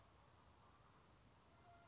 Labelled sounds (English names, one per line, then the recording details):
Western Flycatcher
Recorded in Sonoma County, California